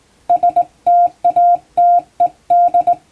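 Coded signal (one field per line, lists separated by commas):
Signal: Morse code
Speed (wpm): 20 wpm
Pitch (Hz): 700 Hz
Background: none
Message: STATED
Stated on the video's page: Hand-keyed plain-language English Morse sent by a first-class radiotelegraph operator, for amateur radio receiving practice.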